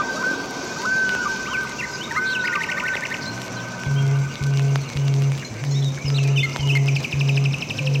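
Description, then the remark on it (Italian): A nightingale sings in trees in bright chirps and quick buzzy trills, while from midway a low, steady tone pulses in a regular rhythm of short repeated notes beneath it. “Potete sentirlo dovunque, persino nelle grandi città, sugli ultimi alberi che resistono all'avanzata del cemento.”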